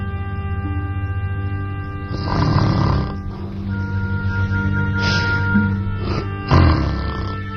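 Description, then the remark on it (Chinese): A person snores in loud, rough, rumbling bursts, three or four heavy breaths spaced a couple of seconds apart, over a steady low droning hum with no talking, in a scene from the Chinese TV drama 《金婚》 (Golden Wedding). “啊，我不打呼噜，我睡不着。”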